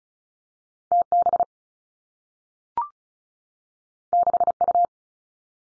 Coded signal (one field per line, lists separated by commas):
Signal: Morse code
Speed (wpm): 36 wpm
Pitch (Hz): 700 Hz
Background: none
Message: T B 6 U